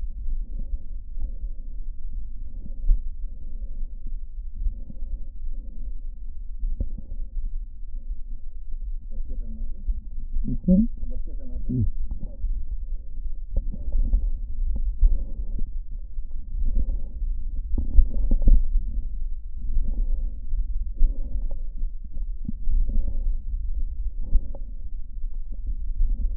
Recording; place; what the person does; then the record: lung sounds by stethoscope; right posterior apical chest; quiet breathing, then deep breathing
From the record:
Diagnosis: COPD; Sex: female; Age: 80 years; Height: 160 cm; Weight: 62 kg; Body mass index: 24.2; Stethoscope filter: diaphragm mode